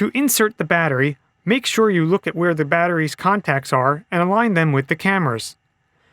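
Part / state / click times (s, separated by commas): battery pack into camcorder battery mount / not seated / none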